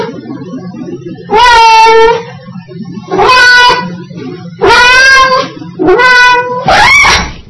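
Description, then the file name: Cat giving several loud meows, the last rising higher; the sound is heavily saturated, with a steady low hum between calls. Saturated, processed meows. "h(a)untology meows"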